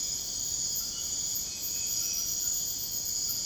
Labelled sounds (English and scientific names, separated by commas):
none